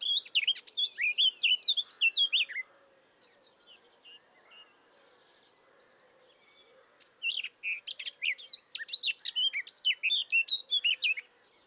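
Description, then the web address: Eurasian blackcap warble: about two and a half seconds of rapid, varied twittering notes, a soft interlude with quieter buzzy notes, then a renewed lively warbled burst; low hum underneath. "SETE data Sylvia atricapilla"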